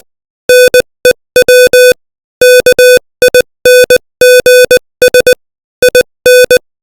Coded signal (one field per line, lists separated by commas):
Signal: Morse code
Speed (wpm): 20 wpm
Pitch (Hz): 500 Hz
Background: music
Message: NEW KINGS IN